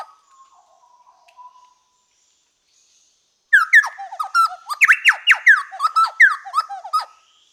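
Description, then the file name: Chowchilla song: soft low notes first, then after a pause an energetic, nearly four-second burst of loud ringing slurred notes and chatter. "Orthonyx Spaldingii"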